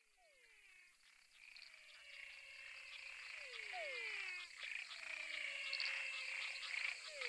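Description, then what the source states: Frog chorus swelling louder, with falling whistled swoops over a constant wash of high trilling calls. Frog chorus recorded in Mato Grosso.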